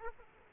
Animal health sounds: mosquito wingbeat signal from an infrared sensor; Aedes aegypti

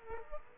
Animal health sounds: mosquito wingbeat signal from an infrared sensor; Aedes aegypti

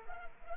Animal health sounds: mosquito wingbeat signal from an infrared sensor; Culex quinquefasciatus

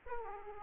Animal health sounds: mosquito wingbeat signal from an infrared sensor; Aedes aegypti

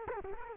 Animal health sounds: mosquito wingbeat signal from an infrared sensor; Culex quinquefasciatus

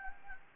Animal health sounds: mosquito wingbeat signal from an infrared sensor; Anopheles gambiae

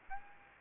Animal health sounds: mosquito wingbeat signal from an infrared sensor; Aedes aegypti

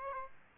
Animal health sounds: mosquito wingbeat signal from an infrared sensor; Aedes aegypti

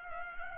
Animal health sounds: mosquito wingbeat signal from an infrared sensor; Culex pipiens

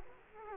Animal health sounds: mosquito wingbeat signal from an infrared sensor; Culex quinquefasciatus

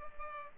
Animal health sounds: mosquito wingbeat signal from an infrared sensor; Culex pipiens

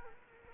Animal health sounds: mosquito wingbeat signal from an infrared sensor; Culex quinquefasciatus

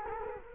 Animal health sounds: mosquito wingbeat signal from an infrared sensor; Culex quinquefasciatus

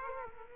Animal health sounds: mosquito wingbeat signal from an infrared sensor; Aedes aegypti

